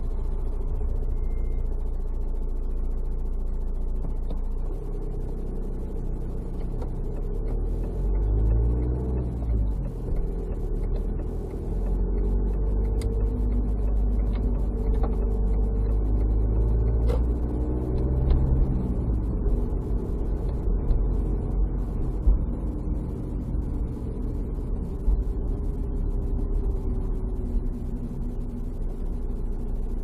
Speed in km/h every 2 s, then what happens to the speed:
5, 0, 0, 1, 16, 19, 22, 23, 28, 31, 33, 31, 27, 24, 22.
1-6 standing. 6-18 pulls away to 31. 21-30 slows to 22.